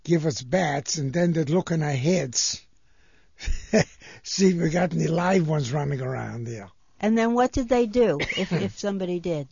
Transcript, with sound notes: give us baths, and then they'd look in our heads. ( he laughs ) See if we got any live ones running around there.
And then what did they do if somebody did?